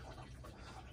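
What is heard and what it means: Someone handles the metal emergency air shutoff flap in the intake housing of a Detroit Diesel 853 engine; the flap is tripped closed by hand to shut off air and kill the motor, after which it locks in place and must be reset by hand. Only steady low rumbling handling noise is heard, with no distinct impact. Nothing has seated or clicked yet.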